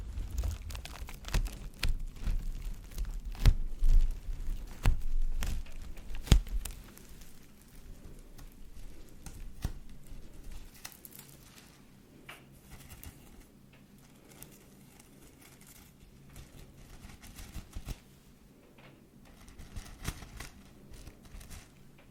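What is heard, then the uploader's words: Shaving cream squelches and fizzes against a microphone, with heavy low rumbles and sharp clicks crowding the first seven seconds. After that the sound thins to a soft crackling hiss, broken by occasional pops near ten, twelve, eighteen and twenty seconds. Shaving Cream on Mic. Brainmassage mit Schaum.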